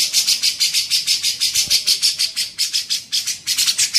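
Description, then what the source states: Grey-cheeked bulbul delivering continuous harsh, scratchy chattering notes, with short breaks between bursts. Training song (masteran) for songbirds.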